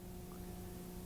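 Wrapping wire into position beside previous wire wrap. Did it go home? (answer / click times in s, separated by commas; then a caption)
no / none. Jewelry wrapping wire is handled with flat nose pliers, being pressed into position beside the previous wire wrap. A steady low hum with tonal bands near 180, 360 and 700 Hz runs throughout, with no distinct sudden sounds. Nothing has seated or clicked yet.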